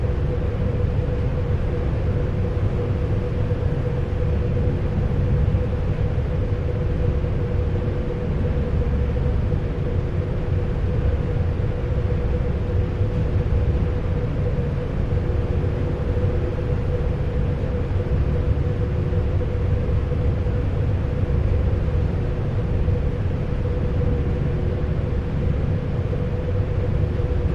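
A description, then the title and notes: Steady engine rumble fills the inside of a ferry, heavy and low, with a constant drone holding a fixed pitch in the lower middle. The level barely changes across the whole stretch, no distinct events standing out, just a dense, unbroken mechanical hum. Bainbridge Outbound Rear Car Deck Landing And Disembark Stereo. Round-trips on the Seattle-Bainbridge Island Ferry, nearly all short fore-and-aft from then passenger and car decks.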